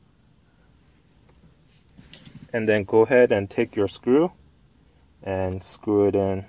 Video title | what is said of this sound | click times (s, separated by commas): Tutorial: Honda Accord Center Console Armrest Removal and Installation | latch, and push it all the way up until it locks into place. | 2.1 s